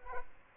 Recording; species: mosquito wingbeat signal from an infrared sensor; Aedes aegypti